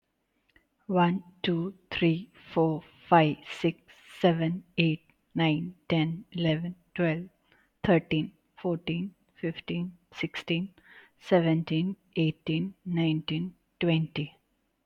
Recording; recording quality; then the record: counting at a normal pace; excellent, no background noise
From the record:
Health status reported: healthy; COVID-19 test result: negative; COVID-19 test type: RT-PCR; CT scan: not taken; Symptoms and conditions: none ticked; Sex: female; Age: 29 years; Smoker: no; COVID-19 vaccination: one dose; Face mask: not worn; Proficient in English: yes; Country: India